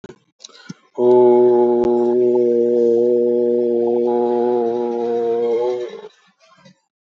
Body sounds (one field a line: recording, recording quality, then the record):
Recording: sustained vowel as in boot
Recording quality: moderate, slight background noise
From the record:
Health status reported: healthy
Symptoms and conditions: none ticked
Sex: male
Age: 64 years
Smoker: not ticked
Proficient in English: yes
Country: India